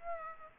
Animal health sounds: mosquito wingbeat signal from an infrared sensor; Aedes aegypti

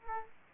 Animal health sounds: mosquito wingbeat signal from an infrared sensor; Aedes aegypti

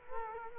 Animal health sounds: mosquito wingbeat signal from an infrared sensor; Culex quinquefasciatus

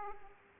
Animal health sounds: mosquito wingbeat signal from an infrared sensor; Aedes aegypti

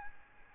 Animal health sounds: mosquito wingbeat signal from an infrared sensor; Aedes albopictus

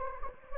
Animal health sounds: mosquito wingbeat signal from an infrared sensor; Anopheles gambiae

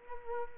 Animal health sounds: mosquito wingbeat signal from an infrared sensor; Culex quinquefasciatus

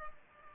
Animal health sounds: mosquito wingbeat signal from an infrared sensor; Culex pipiens

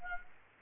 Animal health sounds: mosquito wingbeat signal from an infrared sensor; Culex quinquefasciatus

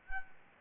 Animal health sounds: mosquito wingbeat signal from an infrared sensor; Anopheles gambiae

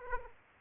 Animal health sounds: mosquito wingbeat signal from an infrared sensor; Aedes aegypti

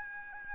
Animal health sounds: mosquito wingbeat signal from an infrared sensor; Aedes albopictus

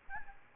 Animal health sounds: mosquito wingbeat signal from an infrared sensor; Aedes albopictus

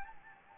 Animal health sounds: mosquito wingbeat signal from an infrared sensor; Anopheles gambiae

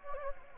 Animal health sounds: mosquito wingbeat signal from an infrared sensor; Anopheles gambiae

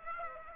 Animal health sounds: mosquito wingbeat signal from an infrared sensor; Aedes aegypti

